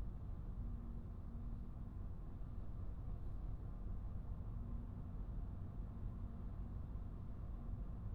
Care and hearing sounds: everyday scene through a hearing-aid microphone; in a vehicle; engine, highway driving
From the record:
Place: Skoda Fabia, gasoline engine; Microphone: behind the ear, right, front

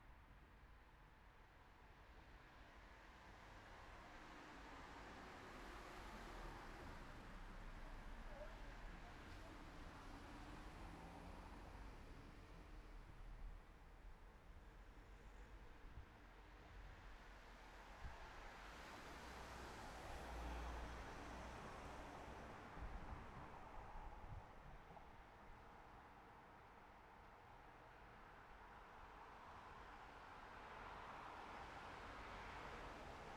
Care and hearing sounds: everyday scene through a hearing-aid microphone; in traffic; traffic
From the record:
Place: city secondary road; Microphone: behind the ear, right, front

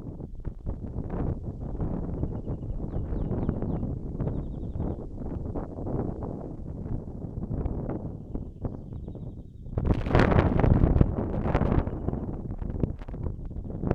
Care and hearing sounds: everyday scene through a hearing-aid microphone; wind on the microphone; wind, birds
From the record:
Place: in front of a rural house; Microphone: behind the ear, right, front

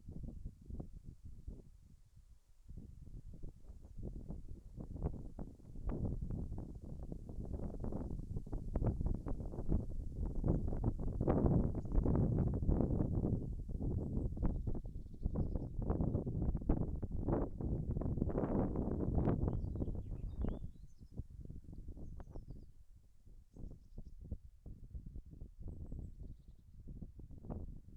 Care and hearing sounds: everyday scene through a hearing-aid microphone; wind on the microphone; wind, birds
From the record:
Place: in front of a rural house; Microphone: behind the ear, left, front

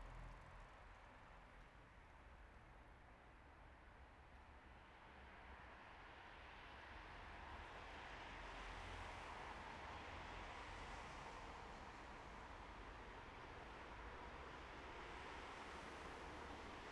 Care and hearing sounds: everyday scene through a hearing-aid microphone; in traffic; traffic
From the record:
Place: bus stop on a city main road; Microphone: behind the ear, right, front

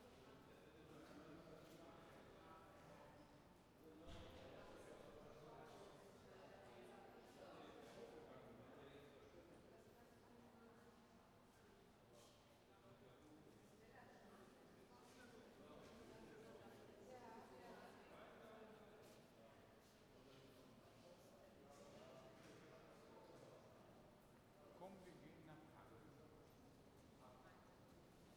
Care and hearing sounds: everyday scene through a hearing-aid microphone; reverberant space; background noise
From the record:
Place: railway station hall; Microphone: behind the ear, right, rear

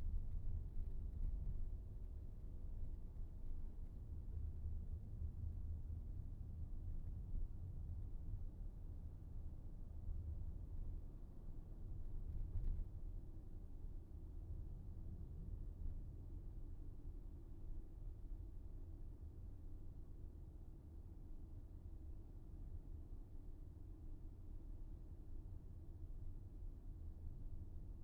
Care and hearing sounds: everyday scene through a hearing-aid microphone; in a vehicle; engine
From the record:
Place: VW T5 Caravelle, diesel engine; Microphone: behind the ear, right, rear

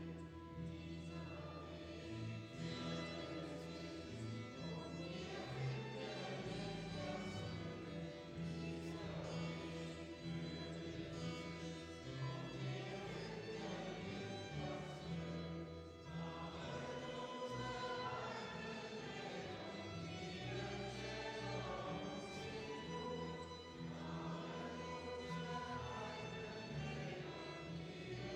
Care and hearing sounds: everyday scene through a hearing-aid microphone; reverberant space; music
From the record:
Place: church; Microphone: in the ear canal, left

